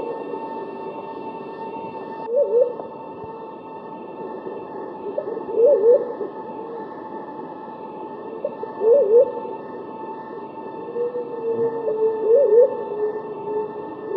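White-faced cuckoo-dove giving short wavering calls repeated roughly every three seconds over a steady tonal hum.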